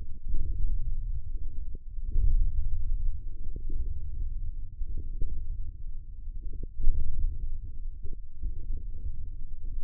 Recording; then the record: forearm muscle sounds (acoustic myography)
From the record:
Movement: ulnar deviation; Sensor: system 1, eight BSWA MPA416 microphones around the upper forearm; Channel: 6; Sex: male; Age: 20 years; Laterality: left